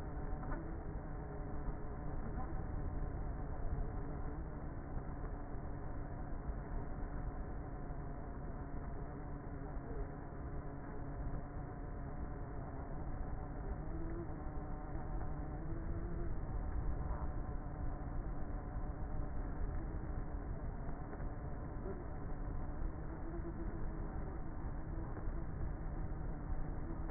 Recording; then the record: honeybee colony, microphone inside the hive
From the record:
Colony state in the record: queenless with a low population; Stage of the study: before two queens were removed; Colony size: about 30,000 bees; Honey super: no